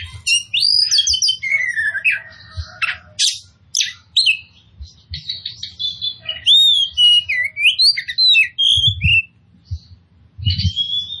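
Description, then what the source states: Oriental magpie-robin singing a jumbled mix of whistles, buzzy notes and sweeping slurs, with occasional low knocking sounds. Kacer poci form of the bird, described as gacor, meaning singing vigorously and constantly.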